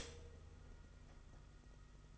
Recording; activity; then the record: daily activity, microphone in the room; stop toaster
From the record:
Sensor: 4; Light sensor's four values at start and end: 18/65/23/25 and 18/64/23/24